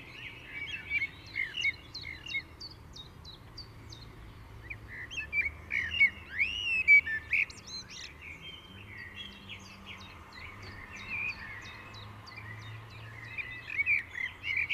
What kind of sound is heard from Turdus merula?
song